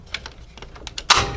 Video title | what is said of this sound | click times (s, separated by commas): Komrad™ Cleaning & Lubrication | our dust cover goes on top and clicks | 1.1 s